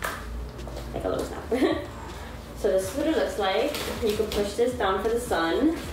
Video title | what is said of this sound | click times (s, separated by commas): Review of My Strollers | this part up are you gonna hear a snap from the front and then from the back | 0.1 s